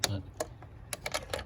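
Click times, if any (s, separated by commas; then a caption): 0.9 s. A spark plug socket on an extension is pushed down into the plug well on the driver's side of a 1999–2004 Jeep Grand Cherokee Laredo 4.7 V8 until it grips the spark plug in the cylinder head, while someone talks. A sharp click at 0.9 s marks the socket seating onto the plug, followed by a few more brief ticks.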